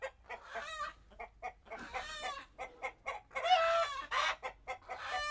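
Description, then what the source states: Chicken sounds with brief bursts of flutter between harsh, clucking squawks, some drawn out, in an uneven run of calls. Chickens flapping.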